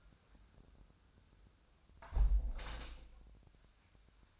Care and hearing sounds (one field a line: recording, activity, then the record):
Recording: daily activity, microphone in the room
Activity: close window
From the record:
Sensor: 2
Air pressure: 1006.2 hPa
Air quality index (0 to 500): 181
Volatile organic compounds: 10 ppm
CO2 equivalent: 2204 ppm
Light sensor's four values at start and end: 8/20/8/9 and 8/20/8/8